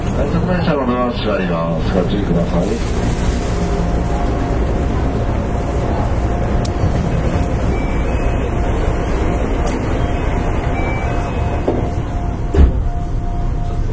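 Running noise of a JR West 223 series train: a dense, steady rumble and rush that holds level throughout. A voice is heard in the first few seconds, a thin steady whine runs through the middle, and a sharp clack lands near twelve seconds.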